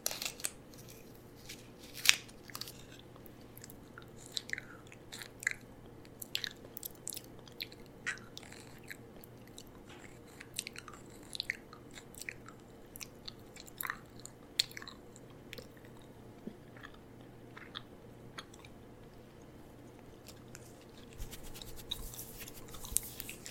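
Gum chewing with wet, sticky clicks and smacks that come irregularly but often, a few every second, some sharper and louder than others. A steady low hum sits underneath throughout, and the smacking grows busier and louder near the end.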